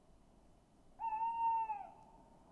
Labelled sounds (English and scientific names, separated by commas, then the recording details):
Tawny Owl (Strix aluco)
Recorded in Germany
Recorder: ecoPi